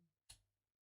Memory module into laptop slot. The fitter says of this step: and you just put it down and snaps right in